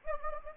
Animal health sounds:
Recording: mosquito wingbeat signal from an infrared sensor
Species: Anopheles gambiae

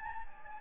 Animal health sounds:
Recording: mosquito wingbeat signal from an infrared sensor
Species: Anopheles gambiae

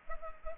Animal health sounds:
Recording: mosquito wingbeat signal from an infrared sensor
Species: Culex pipiens

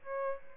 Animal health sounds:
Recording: mosquito wingbeat signal from an infrared sensor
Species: Aedes albopictus

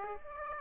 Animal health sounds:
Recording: mosquito wingbeat signal from an infrared sensor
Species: Aedes aegypti

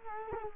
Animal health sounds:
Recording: mosquito wingbeat signal from an infrared sensor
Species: Culex quinquefasciatus

